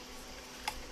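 A power supply's printed circuit board is pressed gently down onto the snap-in plastic mounting supports inside its enclosure. Against a low, steady background hiss, a single sharp click at 0.7 s marks the board snapping into place. The board is seated and mounted.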